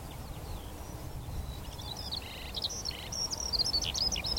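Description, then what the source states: Eurasian skylark song, a high chattering warble with buzzy trill bursts that grows fuller toward the end, over soft low background noise. Chorus of wild skylarks rising from young barley, singing exultantly as they climb high into a cloudy sky; vast open field, northern edge of the Cotswolds, South Warwickshire.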